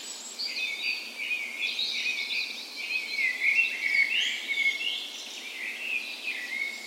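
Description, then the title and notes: Birds: a dawn chorus of birds, quick overlapping chirps and short whistled phrases forming a steady, lively wash of song. Spring dawn chorus on the morning of 17 May, Norway's National Day, in a park west in Bergen, Norway; recorded with a Sony PCM A10 and LOM Micro Usi microphones as tree ears. "17th Of May Dawn Chorus. Recorded on the morning of Norways National Day the 17th of May in a park west in Bergen. Spring is in full effect, and the dawn chorus sounds wonderful!"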